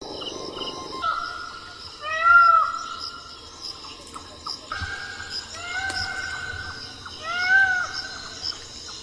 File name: Indian Peafowl